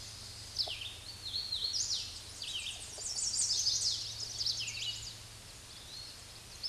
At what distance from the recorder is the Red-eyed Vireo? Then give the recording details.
about 30 m. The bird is about 15 m above the microphone. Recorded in a Pennsylvania forest on 16 May 2024 at 08:18. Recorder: AudioMoth, point MSD-2208. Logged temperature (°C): 15.2 °C. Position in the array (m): 165 m, 69 m